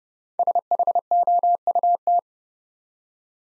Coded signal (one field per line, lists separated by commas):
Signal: Morse code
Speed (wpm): 30 wpm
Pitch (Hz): 700 Hz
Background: none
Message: SHOUT